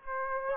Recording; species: mosquito wingbeat signal from an infrared sensor; Aedes aegypti